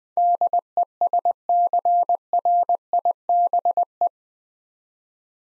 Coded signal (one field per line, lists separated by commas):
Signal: Morse code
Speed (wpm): 20 wpm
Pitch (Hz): 700 Hz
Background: none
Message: DESCRIBE